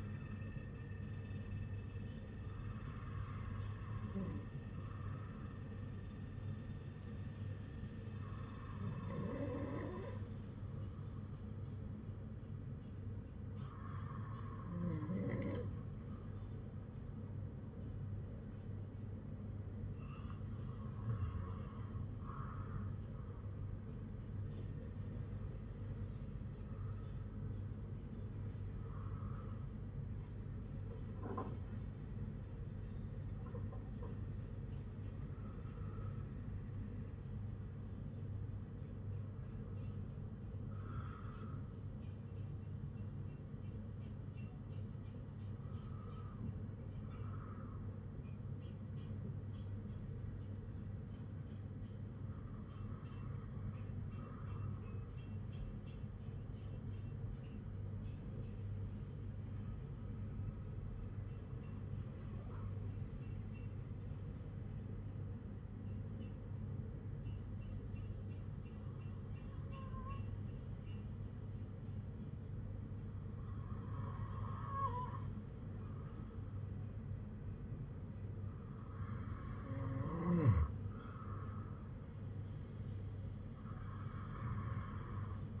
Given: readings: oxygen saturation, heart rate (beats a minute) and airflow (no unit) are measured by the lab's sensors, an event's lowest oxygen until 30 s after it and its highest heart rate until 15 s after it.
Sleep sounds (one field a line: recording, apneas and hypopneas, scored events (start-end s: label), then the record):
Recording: breathing in sleep by a smartphone at the bedside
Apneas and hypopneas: 2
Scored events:
5.00-29.20 s: hypopnea (N2, oxygen 98% highest, then 95% lowest, heart rate 60 at the start, 60 highest)
39.00-69.00 s: new sleep stage, N1 (lightest sleep)
56.00-78.70 s: hypopnea (N1, oxygen 97% highest, then 95% lowest, heart rate 56 at the start, 59 highest)
69.00-85.60 s: new sleep stage, N2 (light sleep)
From the record:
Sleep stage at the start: N2 (light sleep)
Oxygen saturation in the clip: 95 to 98%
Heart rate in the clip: 52 to 60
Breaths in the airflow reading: 15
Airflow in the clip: -6.5 to 5.4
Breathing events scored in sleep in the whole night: 182 in 7.4 hours asleep